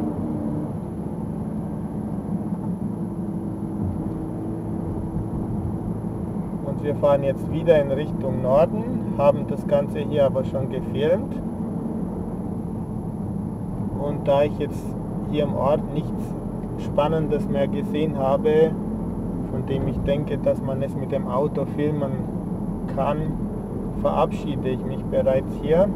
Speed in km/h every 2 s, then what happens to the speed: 43, 45, 47, 47, 48, 48, 46, 46, 47, 48, 46, 46, 49.
0-26 steady at about 47.